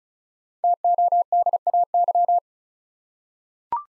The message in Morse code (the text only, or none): TODAY